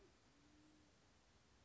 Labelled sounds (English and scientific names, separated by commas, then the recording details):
Band-tailed Pigeon (Patagioenas fasciata)
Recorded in Sonoma County, California